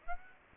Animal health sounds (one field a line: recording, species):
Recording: mosquito wingbeat signal from an infrared sensor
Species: Aedes aegypti